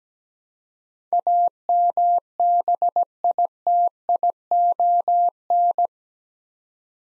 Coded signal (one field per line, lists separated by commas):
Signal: Morse code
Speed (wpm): 17 wpm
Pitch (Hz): 700 Hz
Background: none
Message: AMBITION